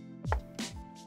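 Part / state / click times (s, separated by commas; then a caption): keyboard case hinge panel / not seated / none. A Magic Keyboard case for the iPad Pro is handled and opened, its hinged panel moving toward position with low thuds and taps at about 0.3 s and 0.6 s over steady background music. The panel has not seated or clicked into place yet.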